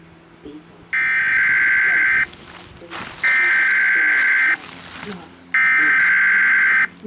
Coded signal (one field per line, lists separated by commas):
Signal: Emergency Alert System (SAME) tones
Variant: header bursts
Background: speech